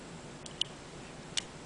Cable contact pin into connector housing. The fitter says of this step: again the clicks it's locked in